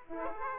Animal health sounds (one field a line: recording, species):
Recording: mosquito wingbeat signal from an infrared sensor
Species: Aedes aegypti